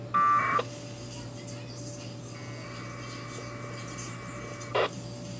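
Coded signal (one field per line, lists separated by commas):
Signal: packet radio (AX.25, as in APRS)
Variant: 1200 baud AFSK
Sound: two brief bursts: a short steady tone then a harsh warbling data burst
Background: low hum, quiet room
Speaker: can see the progress bar here an EP is transmitter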